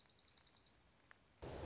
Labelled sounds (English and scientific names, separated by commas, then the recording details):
Dark-eyed Junco (Junco hyemalis)
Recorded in Sonoma County, California